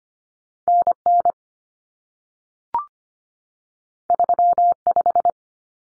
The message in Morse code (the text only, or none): NN 35